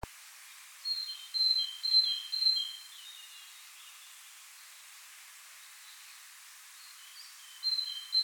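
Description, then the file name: Great tit calling: a run of high, alternating two-pitched notes lasting about two seconds, then silence, with a further burst starting near the end. "Parus major"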